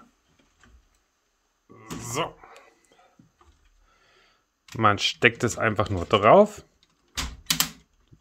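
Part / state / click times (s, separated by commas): plastic brick assembly onto the pins of a brick-built truck model / seated / 7.5 s, 7.6 s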